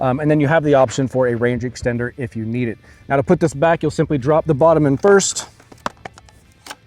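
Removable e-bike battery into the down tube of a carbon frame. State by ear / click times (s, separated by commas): seated / 5.9 s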